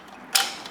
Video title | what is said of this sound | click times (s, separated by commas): Turbo Hydramatic 400 THM400 Transmission Part 3 | It's out of park, it spins, put it in park, and it locks in. | 0.4 s